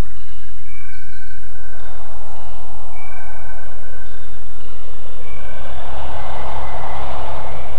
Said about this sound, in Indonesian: Jurang yang dalam menganga di hadapan mereka, dan di atasnya angin keras seakan-akan berputar-putar dan siap menggulung siapapun yang berani naik ke atas puncak wukir.